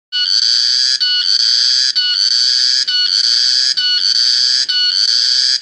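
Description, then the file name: Cricket trilling loudly in shrill, buzzing bursts about a second long, each separated by a brief gap, repeated steadily with no other sounds. "jangkrik"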